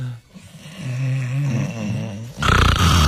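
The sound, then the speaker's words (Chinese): A man imitates snoring with a low, rumbling voiced drone that wavers in pitch for about two seconds, then breaks into a loud, harsh, raspy snort. “哎呦，哎，你说这打呼噜其实也挺烦人的。”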